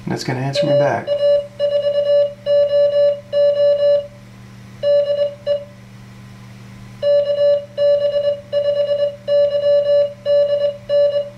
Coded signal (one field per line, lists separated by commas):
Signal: Morse code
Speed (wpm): 21 wpm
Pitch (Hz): 580 Hz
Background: speech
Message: AA4OO DE KB5YDN